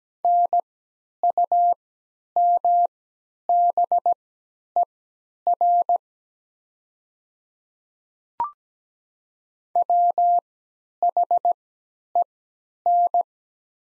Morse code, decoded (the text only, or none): NUMBER WHEN